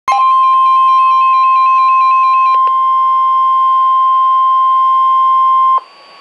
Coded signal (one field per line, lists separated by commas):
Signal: Emergency Alert System (SAME) tones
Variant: 1050 Hz attention tone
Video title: NOAA - Special Marine Warning (EAS #992)